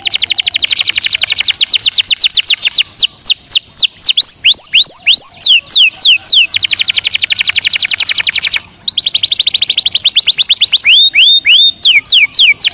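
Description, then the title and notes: Canary song: long rapid trills alternating with slower looping whistled notes, the rhythm speeding and slowing repeatedly, delivered loudly with only a brief break. Panda canary, singing vigorously ('gacor'). "Kenari Panda"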